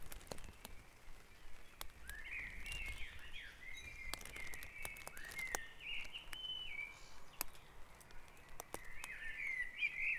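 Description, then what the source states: Bird song in a chorus, fluttering warbled phrases running almost continuously, punctuated by sharp clicks and ticks throughout. Dawn chorus recorded at Back Dragon Avenue, Harrogate, as part of a sound map of Harrogate.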